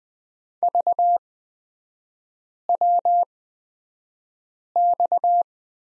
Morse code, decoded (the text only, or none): VWX